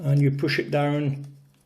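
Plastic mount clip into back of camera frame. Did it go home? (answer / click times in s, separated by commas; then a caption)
no / none. A plastic mount clip is slid into the back of an Acekool 4K action camera frame and pushed down while someone talks. Nothing has seated or clicked yet; the clip is still being handled and is not yet home.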